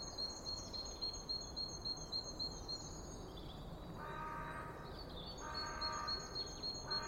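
Bird song of rapid high chirps, with a few bursts of noise later on, above a steady low hiss.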